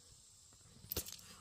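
A cleaned, painted metal coolant crossover pipe, its O-ring end greased with silicone, is pushed into the engine coolant housing fitting of a 2003 Cadillac DeVille Northstar. After quiet low rustling, a sharp click at 0.9 s is followed by a brief scrape at 1.0 s and a small tick at 1.1 s. The pipe is seated, though it does not feel very tight.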